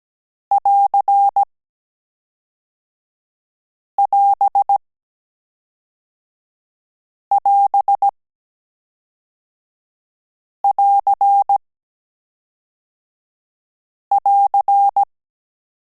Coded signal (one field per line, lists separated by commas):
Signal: Morse code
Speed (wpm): 17 wpm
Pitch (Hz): 800 Hz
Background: none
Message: <AR><AS><AS><AR><AR>